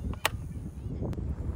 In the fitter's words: put this lip under here and then what you're going to do is you're going to push down and you'll hear it snap